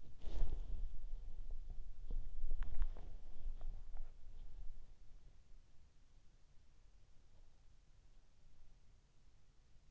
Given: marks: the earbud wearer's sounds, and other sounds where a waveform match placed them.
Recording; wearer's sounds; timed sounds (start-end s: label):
sounds in sleep by an in-ear microphone; body movement
0.00-4.13 s: body movement